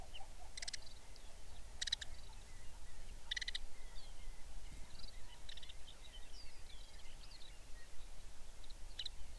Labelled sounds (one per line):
songbird
grouse or ptarmigan